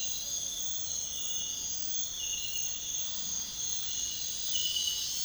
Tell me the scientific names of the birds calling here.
none